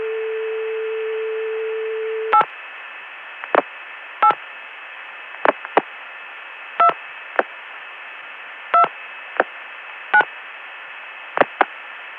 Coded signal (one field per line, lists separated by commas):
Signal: DTMF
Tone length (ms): 90 ms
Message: 8 8 2 2 9